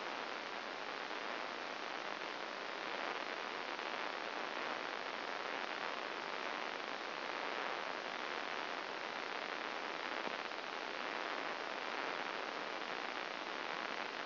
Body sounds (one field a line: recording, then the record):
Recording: brain microelectrode recording played as sound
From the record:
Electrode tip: outside the subthalamic nucleus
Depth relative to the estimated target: 4 mm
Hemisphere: left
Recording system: AlphaMap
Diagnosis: Parkinson's disease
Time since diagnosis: 9 years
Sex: male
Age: 68 years